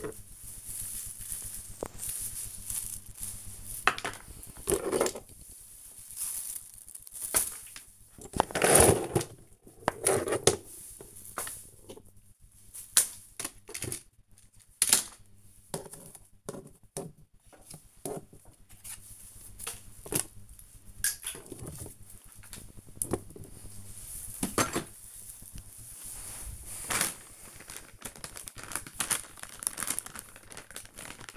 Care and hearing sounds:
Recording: household activities, microphone on the right wrist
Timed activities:
0.00-31.37 s: tidy up the cupboard

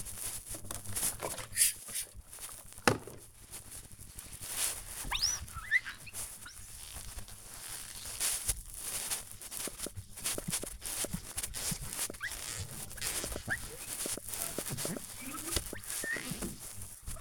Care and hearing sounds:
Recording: household activities, microphone on the right wrist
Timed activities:
0.00-17.21 s: window cleaning

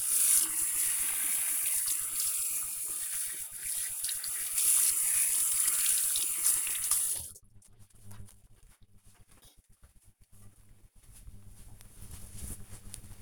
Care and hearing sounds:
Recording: household activities, microphone on the right wrist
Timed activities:
0.00-8.95 s: washing hands

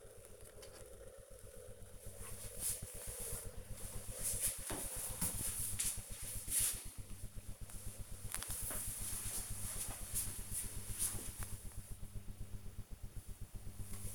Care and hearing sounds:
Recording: household activities, microphone on the right wrist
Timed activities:
none

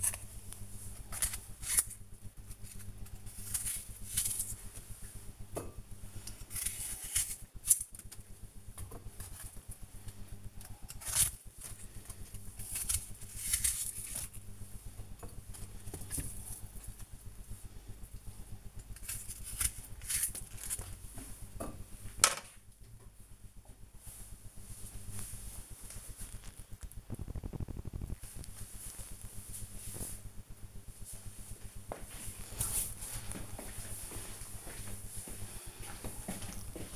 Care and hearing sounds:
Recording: household activities, microphone on the right wrist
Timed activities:
0.00-21.90 s: cutting vegetables

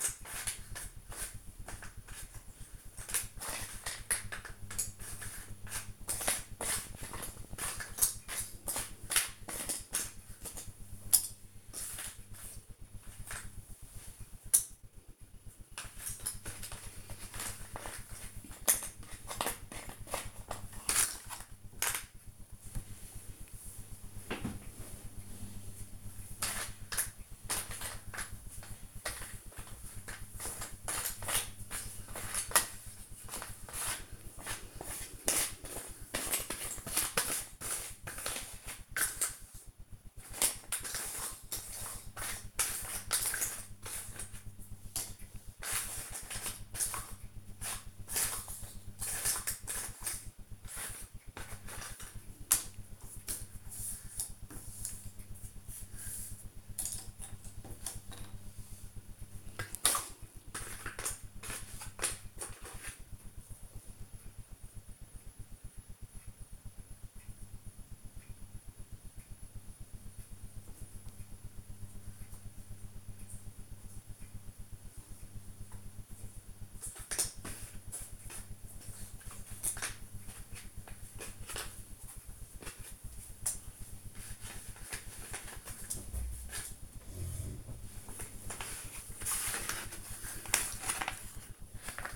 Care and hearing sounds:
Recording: household activities, microphone on the right wrist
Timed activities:
0.00-92.16 s: doing a puzzle

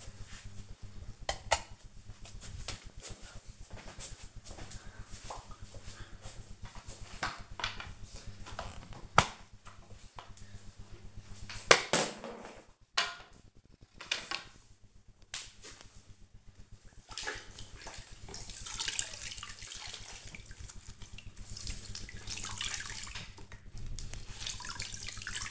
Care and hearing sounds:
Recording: household activities, microphone on the right wrist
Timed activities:
7.94-25.51 s: floor cleaning

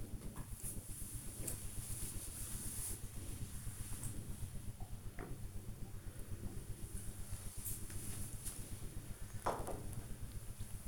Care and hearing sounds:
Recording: household activities, microphone on the right wrist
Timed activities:
0.00-10.78 s: drinking

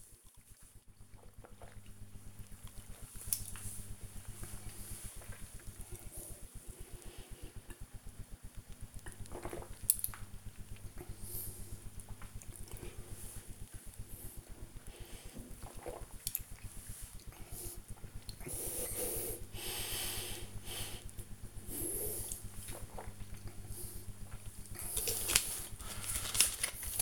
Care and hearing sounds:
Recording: household activities, microphone on the right wrist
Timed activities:
0.00-25.36 s: drinking

